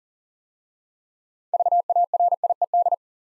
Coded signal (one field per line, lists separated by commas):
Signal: Morse code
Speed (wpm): 39 wpm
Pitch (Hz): 700 Hz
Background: none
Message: VARIED